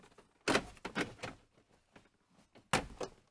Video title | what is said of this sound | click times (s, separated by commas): How to: Replacing the Instrument Cluster in a 1998 Dodge Caravan | again we're just going to snap into place | 0.5 s, 2.7 s